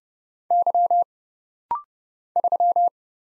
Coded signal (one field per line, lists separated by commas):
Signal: Morse code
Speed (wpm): 30 wpm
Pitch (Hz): 700 Hz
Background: none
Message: Y 3